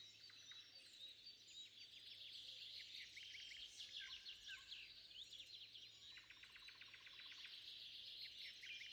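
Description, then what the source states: Birds chirping in a full chorus, with fast repeated trills near the start and again after six seconds amid constant high twittering and low hum. At sunrise.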